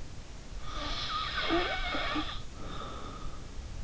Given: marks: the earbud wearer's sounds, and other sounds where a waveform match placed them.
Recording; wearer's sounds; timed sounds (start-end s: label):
sounds in sleep by an in-ear microphone; snoring breath
0.61-3.45 s: snoring breath